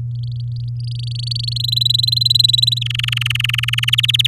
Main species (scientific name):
Serinus canaria